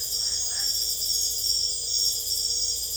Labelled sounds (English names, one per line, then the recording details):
none
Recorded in secondary vegetation near Puerto Asís, Putumayo, Colombia, on 26 December 2024 at 22:00
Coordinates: 0.488, -76.319
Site GP04